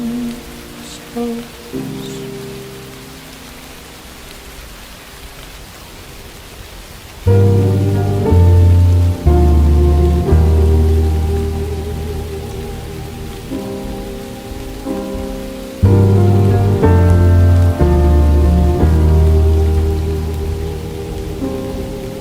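Steady rain hisses beneath low, sustained music-like chords that shift every few seconds and swell louder near seven and sixteen seconds.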